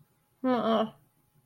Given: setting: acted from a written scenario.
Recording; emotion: vocal sound without words; shame